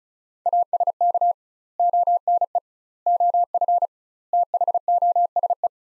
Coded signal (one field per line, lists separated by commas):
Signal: Morse code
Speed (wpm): 36 wpm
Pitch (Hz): 700 Hz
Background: none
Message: ASK ONE OF THOSE